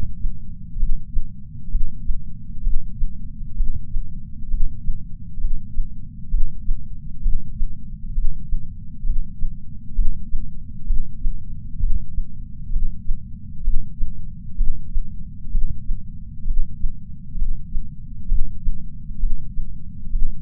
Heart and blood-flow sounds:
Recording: heart sounds by patch sensor on the chest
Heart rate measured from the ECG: 65 bpm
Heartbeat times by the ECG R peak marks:
0.81 s: heartbeat
1.73 s: heartbeat
2.65 s: heartbeat
3.58 s: heartbeat
4.52 s: heartbeat
5.42 s: heartbeat
6.32 s: heartbeat
7.24 s: heartbeat
8.16 s: heartbeat
9.07 s: heartbeat
9.97 s: heartbeat
10.88 s: heartbeat
11.81 s: heartbeat
12.74 s: heartbeat
13.65 s: heartbeat
14.59 s: heartbeat
15.53 s: heartbeat
16.48 s: heartbeat
17.40 s: heartbeat
18.30 s: heartbeat
19.21 s: heartbeat
20.13 s: heartbeat
From the record:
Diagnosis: coronary artery disease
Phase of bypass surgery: preoperative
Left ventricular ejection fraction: 62.1%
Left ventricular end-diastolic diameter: 45 mm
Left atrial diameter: 40 mm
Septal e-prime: 8 cm/s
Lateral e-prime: 10 cm/s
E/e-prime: 5.6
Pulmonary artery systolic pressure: 22 mmHg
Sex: male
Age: 60 years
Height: 170 cm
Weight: 67 kg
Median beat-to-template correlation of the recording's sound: 0.93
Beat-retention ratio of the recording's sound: 1.00

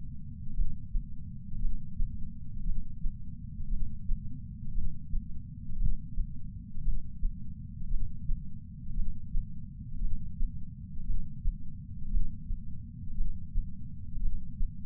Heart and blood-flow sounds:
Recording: heart sounds by patch sensor on the chest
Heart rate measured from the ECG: 57 bpm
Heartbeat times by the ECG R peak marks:
0.55 s: heartbeat
1.60 s: heartbeat
2.65 s: heartbeat
3.69 s: heartbeat
4.74 s: heartbeat
5.78 s: heartbeat
6.83 s: heartbeat
7.89 s: heartbeat
8.95 s: heartbeat
10.00 s: heartbeat
11.06 s: heartbeat
12.10 s: heartbeat
13.16 s: heartbeat
14.21 s: heartbeat
From the record:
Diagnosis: coronary artery disease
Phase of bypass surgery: intraoperative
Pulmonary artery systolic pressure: 38 mmHg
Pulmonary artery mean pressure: 23 mmHg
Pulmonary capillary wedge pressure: 11 mmHg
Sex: male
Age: 74 years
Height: 175 cm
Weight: 66 kg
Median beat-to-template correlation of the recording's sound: 0.93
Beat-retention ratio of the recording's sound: 0.98

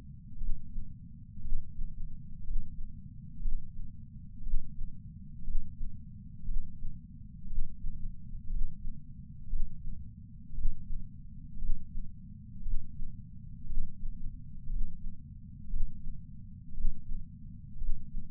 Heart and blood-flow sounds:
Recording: heart sounds by patch sensor on the chest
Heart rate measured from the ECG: 59 bpm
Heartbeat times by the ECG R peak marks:
0.36 s: heartbeat
1.40 s: heartbeat
2.43 s: heartbeat
3.40 s: heartbeat
4.41 s: heartbeat
5.43 s: heartbeat
6.44 s: heartbeat
7.46 s: heartbeat
8.49 s: heartbeat
9.48 s: heartbeat
10.53 s: heartbeat
11.57 s: heartbeat
12.61 s: heartbeat
13.65 s: heartbeat
14.68 s: heartbeat
15.69 s: heartbeat
16.73 s: heartbeat
17.76 s: heartbeat
From the record:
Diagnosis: coronary artery disease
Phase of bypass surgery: intraoperative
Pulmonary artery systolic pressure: 28 mmHg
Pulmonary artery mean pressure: 14 mmHg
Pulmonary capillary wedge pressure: 11 mmHg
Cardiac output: 5.5 L/min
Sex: male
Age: 57 years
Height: 175 cm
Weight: 80 kg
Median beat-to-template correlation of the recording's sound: 0.94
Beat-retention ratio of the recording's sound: 0.97

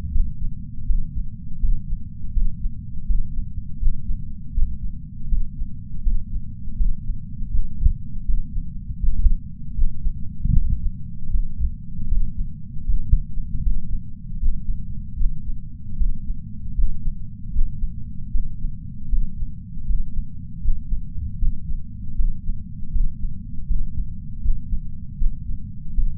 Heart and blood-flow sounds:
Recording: heart sounds by patch sensor on the chest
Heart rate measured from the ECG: 79 bpm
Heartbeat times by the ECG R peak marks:
0.12 s: heartbeat
0.86 s: heartbeat
1.60 s: heartbeat
2.33 s: heartbeat
3.06 s: heartbeat
3.80 s: heartbeat
4.54 s: heartbeat
5.29 s: heartbeat
6.03 s: heartbeat
6.77 s: heartbeat
7.51 s: heartbeat
8.25 s: heartbeat
9.00 s: heartbeat
9.75 s: heartbeat
10.53 s: heartbeat
11.30 s: heartbeat
12.08 s: heartbeat
12.85 s: heartbeat
13.62 s: heartbeat
14.39 s: heartbeat
15.17 s: heartbeat
15.97 s: heartbeat
16.75 s: heartbeat
17.52 s: heartbeat
18.31 s: heartbeat
19.09 s: heartbeat
19.86 s: heartbeat
20.62 s: heartbeat
21.38 s: heartbeat
22.15 s: heartbeat
22.91 s: heartbeat
23.67 s: heartbeat
24.42 s: heartbeat
25.18 s: heartbeat
25.94 s: heartbeat
From the record:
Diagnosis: coronary artery disease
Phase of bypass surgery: intraoperative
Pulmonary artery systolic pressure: 21 mmHg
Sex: male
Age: 60 years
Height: 180 cm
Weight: 100 kg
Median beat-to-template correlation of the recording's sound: 0.80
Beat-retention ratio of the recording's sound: 1.00

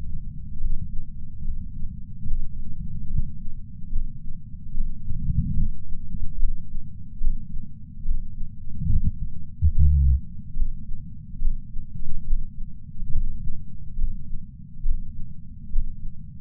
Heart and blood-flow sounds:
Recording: heart sounds by patch sensor on the chest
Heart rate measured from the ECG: 71 bpm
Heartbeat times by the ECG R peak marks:
0.61 s: heartbeat
1.45 s: heartbeat
2.28 s: heartbeat
3.11 s: heartbeat
3.93 s: heartbeat
4.75 s: heartbeat
5.57 s: heartbeat
6.41 s: heartbeat
7.22 s: heartbeat
8.06 s: heartbeat
8.91 s: heartbeat
9.73 s: heartbeat
10.57 s: heartbeat
11.42 s: heartbeat
12.28 s: heartbeat
13.13 s: heartbeat
13.99 s: heartbeat
14.86 s: heartbeat
15.74 s: heartbeat
From the record:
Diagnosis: coronary artery disease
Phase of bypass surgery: preoperative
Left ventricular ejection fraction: 69.1%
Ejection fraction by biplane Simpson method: 68.2%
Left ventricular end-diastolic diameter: 44 mm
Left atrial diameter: 36 mm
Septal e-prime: 8.3 cm/s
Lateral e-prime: 8.5 cm/s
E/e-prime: 10.7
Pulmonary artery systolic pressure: 35 mmHg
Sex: male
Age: 76 years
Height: 165 cm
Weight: 79 kg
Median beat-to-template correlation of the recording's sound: 0.89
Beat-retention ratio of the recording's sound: 0.98

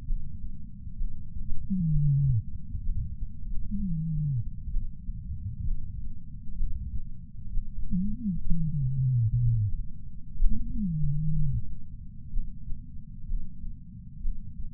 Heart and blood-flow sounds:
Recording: heart sounds by patch sensor on the chest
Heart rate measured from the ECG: 64 bpm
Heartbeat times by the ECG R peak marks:
0.06 s: heartbeat
0.98 s: heartbeat
1.91 s: heartbeat
2.83 s: heartbeat
3.77 s: heartbeat
4.71 s: heartbeat
5.65 s: heartbeat
6.57 s: heartbeat
7.52 s: heartbeat
8.46 s: heartbeat
9.42 s: heartbeat
10.38 s: heartbeat
11.34 s: heartbeat
12.31 s: heartbeat
13.27 s: heartbeat
14.22 s: heartbeat
From the record:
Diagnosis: coronary artery disease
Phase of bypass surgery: preoperative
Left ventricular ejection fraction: 36.6%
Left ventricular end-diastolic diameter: 43 mm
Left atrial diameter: 33 mm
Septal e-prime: 3.9 cm/s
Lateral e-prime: 8 cm/s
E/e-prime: 10.3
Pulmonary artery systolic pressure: 22 mmHg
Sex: female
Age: 80 years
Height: 150 cm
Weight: 49 kg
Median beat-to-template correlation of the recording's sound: 0.90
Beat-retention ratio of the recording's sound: 0.98

